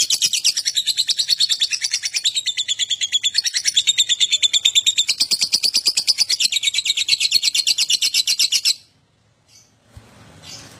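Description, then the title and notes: Lovebird song, a fast rapid-fire run of high buzzy chattering notes, sustained for nearly nine seconds before stopping abruptly. Adult lovebird in full vigorous song, described as gacor with owor owor singing style. "LOVEBIRD GACOR OWOR OWOR. Lovebird Dewasa"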